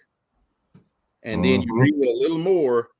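A fishing reel's bail mechanism is being handled while someone talks, with only a faint short sound near 0.8 s before the voice. The bail has not yet snapped into full engagement: the loud second click of its dual-stage engagement, much like a revolver's hammer, has not happened, so nothing has seated or clicked yet.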